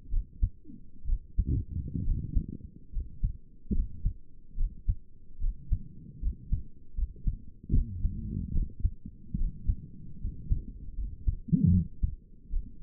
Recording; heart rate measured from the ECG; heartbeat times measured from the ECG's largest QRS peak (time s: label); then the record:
heart sounds by stethoscope; 73 bpm
0.11 s: heartbeat
1.07 s: heartbeat
2.05 s: heartbeat
2.93 s: heartbeat
3.75 s: heartbeat
4.58 s: heartbeat
5.42 s: heartbeat
6.22 s: heartbeat
6.97 s: heartbeat
7.74 s: heartbeat
8.54 s: heartbeat
9.38 s: heartbeat
10.21 s: heartbeat
10.98 s: heartbeat
11.73 s: heartbeat
12.51 s: heartbeat
From the record:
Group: healthy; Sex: male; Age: 22 years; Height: 181 cm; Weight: 79 kg